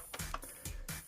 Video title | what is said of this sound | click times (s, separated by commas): Ares Kel-Tec RDB - My Thoughts | locks back in and you can even hk slap it | 0.9 s